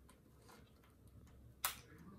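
A second detachable plastic controller is slid onto the other side rail of a Nintendo Switch handheld game console. After a faint tick near 0.1 s and quiet handling, it locks into place with a sharp click at 1.7 s, showing it is seated.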